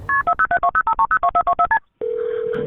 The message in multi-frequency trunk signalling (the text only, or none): KP407205302424STP